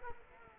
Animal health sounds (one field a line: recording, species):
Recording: mosquito wingbeat signal from an infrared sensor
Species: Culex quinquefasciatus